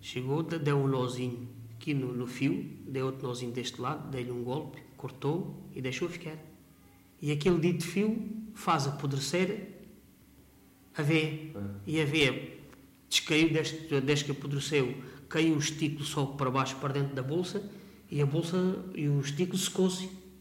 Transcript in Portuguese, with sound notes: Chegou, d- deu um nozinho aqui no no fio, deu outro nozinho deste lado, deu-lhe um golpe, cortou e deixou ficar. E aquele dito fio faz apodrecer [pausa] a veia. E a veia descaiu, desde que desde que apodreceu, caiu o testículo, solto, para baixo para dentro da bolsa, e a bolsa e o testículo secou-se.